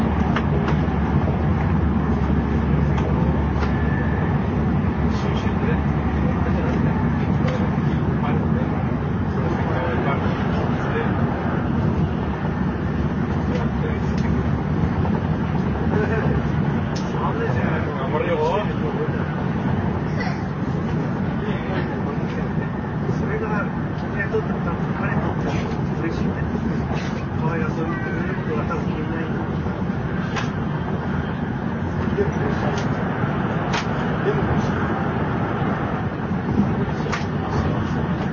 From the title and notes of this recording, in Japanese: JRN700系 京都〜新横浜。ひかり530号に乗車し、録音しました。